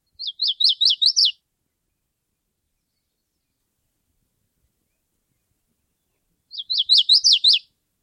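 Bird singing a brief burst of six rapid, chirpy notes, then a long pause before the same phrase repeats.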